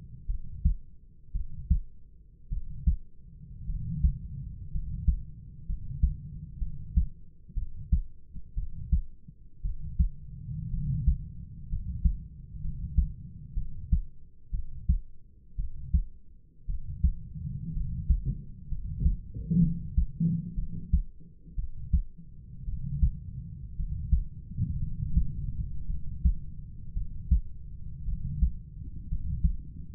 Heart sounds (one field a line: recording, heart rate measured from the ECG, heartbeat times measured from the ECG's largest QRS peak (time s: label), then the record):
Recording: heart sounds by stethoscope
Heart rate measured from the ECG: 58 bpm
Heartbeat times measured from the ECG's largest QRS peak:
0.27 s: heartbeat
1.33 s: heartbeat
2.49 s: heartbeat
3.67 s: heartbeat
4.72 s: heartbeat
5.66 s: heartbeat
6.59 s: heartbeat
7.54 s: heartbeat
8.55 s: heartbeat
9.62 s: heartbeat
10.71 s: heartbeat
11.69 s: heartbeat
12.61 s: heartbeat
13.54 s: heartbeat
14.51 s: heartbeat
15.56 s: heartbeat
16.67 s: heartbeat
17.74 s: heartbeat
18.69 s: heartbeat
19.60 s: heartbeat
20.55 s: heartbeat
21.56 s: heartbeat
22.65 s: heartbeat
23.76 s: heartbeat
24.80 s: heartbeat
25.87 s: heartbeat
26.94 s: heartbeat
28.05 s: heartbeat
29.08 s: heartbeat
From the record:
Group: healthy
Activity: rest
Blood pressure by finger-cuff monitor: 113/61 mmHg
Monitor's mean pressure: 74 mmHg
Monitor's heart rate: 57 bpm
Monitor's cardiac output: 5.1 L/min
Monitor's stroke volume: 89 mL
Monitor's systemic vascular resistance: 1030 dyn s/cm5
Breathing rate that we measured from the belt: 10 breaths a minute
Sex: male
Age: 25 years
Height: 170 cm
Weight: 70.4 kg